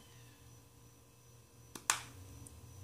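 After the battery is put into a Garmin Virb Elite action camera, the plastic battery door is pressed shut, giving a faint tick at 1.8 s and then a sharp, bright latch click at 1.9 s, followed by a small tick around 2.5 s over low background hum. The battery door latch makes its first click at 1.9 s and is seated.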